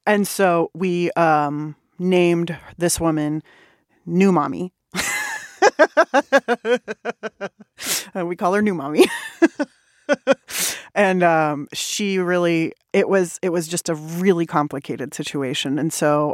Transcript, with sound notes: And so we named this woman New Mommy (laughter). We call her New Mommy (laughter). And she really - it was just a really complicated situation.